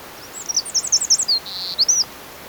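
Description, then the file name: Eurasian wren delivering a quick, high-pitched run of sharp notes, then a short buzzy trill and a final high note, with constant hiss behind. "Troglodytes troglodytes"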